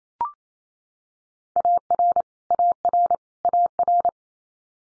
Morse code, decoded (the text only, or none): AR AR AR